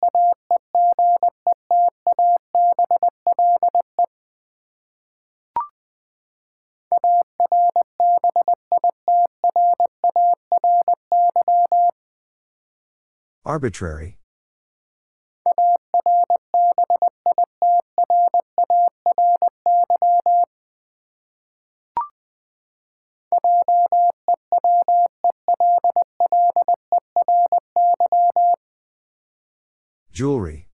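A Morse code word is keyed out as a steady mid-pitched tone in rapid on-off bursts, arriving in four groups of about five seconds each, separated by silence. Brief clicks fall between some groups, and short crackling bursts sound near 14 and 30 seconds.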